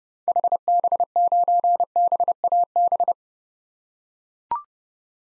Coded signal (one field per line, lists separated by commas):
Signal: Morse code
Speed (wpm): 31 wpm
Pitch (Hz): 700 Hz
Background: none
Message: HB9BAB